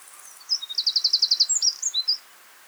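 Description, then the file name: Eurasian wren song: high, rapid run of sharp repeated notes forming a fast trill, followed by a few quick chirping notes, lasting under two seconds. "Troglodytes troglodytes"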